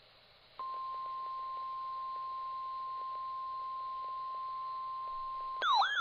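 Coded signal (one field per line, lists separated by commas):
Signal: Emergency Alert System (SAME) tones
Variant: 1050 Hz attention tone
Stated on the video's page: Severe Thunderstorm Warning from the Madison, Wisconsin transmitter.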